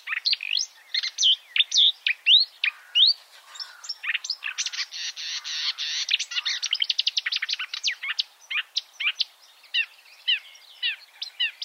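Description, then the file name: Marsh warbler song of varied whistles, squeaks and chips, with a dense buzzy burst midway followed by rapid stuttering notes. "suara kicauan burung marsh warbler. omkicau"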